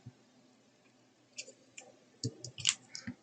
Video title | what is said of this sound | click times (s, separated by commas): The pressure of it! | right into the clicks on there and then we'll do the same with the second | 2.7 s